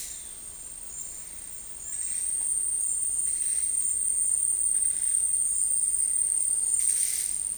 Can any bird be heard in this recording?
no